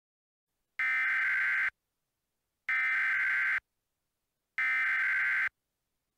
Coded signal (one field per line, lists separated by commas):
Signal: Emergency Alert System (SAME) tones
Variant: header bursts